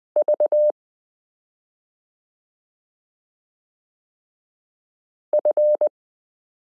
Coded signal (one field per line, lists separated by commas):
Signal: Morse code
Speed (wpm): 20 wpm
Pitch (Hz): 600 Hz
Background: none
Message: V F